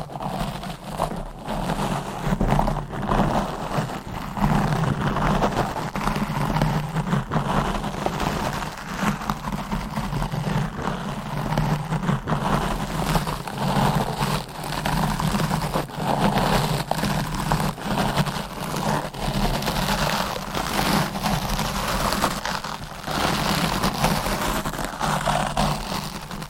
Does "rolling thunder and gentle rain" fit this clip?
no